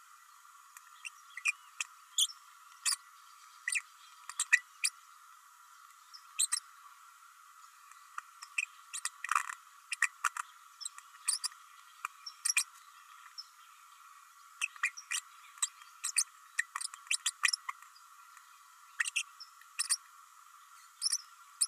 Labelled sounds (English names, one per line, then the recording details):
Green-rumped Parrotlet babbling
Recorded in a nest box in Venezuela
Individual 18B104A3